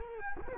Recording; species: mosquito wingbeat signal from an infrared sensor; Culex quinquefasciatus